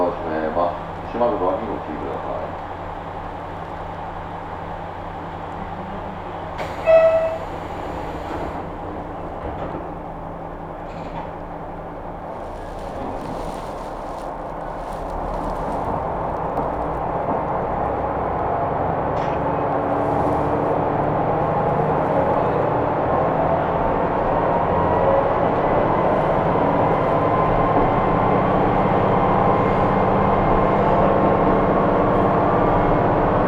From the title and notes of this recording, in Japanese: 音の旅 久大本線 日田→田主丸。キハ200+220の2両編成。既に学校帰りの学生でだいぶ席が埋まっていますがロングシート主体なので大丈夫でした。